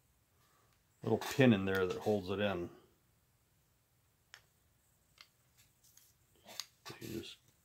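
Someone talks while handling the folding piece of an antique pipe tool, which is held by a small pin, moving it toward its locked position. After the speech, a few faint, brief handling ticks are heard. Nothing has snapped into place or seated yet by the end of the clip.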